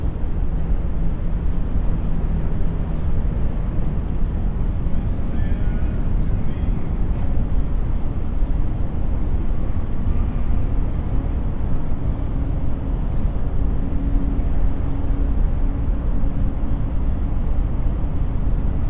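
City skyline noise with a delta binaural tone mixed in: a dense, steady low rumble of traffic that never lets up. Faint brief tones and murmurs surface now and then, around five and thirteen seconds, while a low hum runs underneath throughout.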